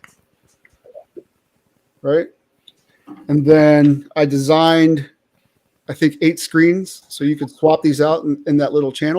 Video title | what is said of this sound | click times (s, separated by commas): Hasbro Out of Toymaking? - The Shadow-Cast [Ep 69] | so they do just snap in there in place | 0.0 s